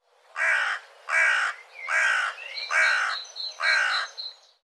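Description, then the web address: Bird giving five harsh, hoarse calls spaced about a second apart, with faint higher whistled notes between them. "cianscape birddata Deverinetal"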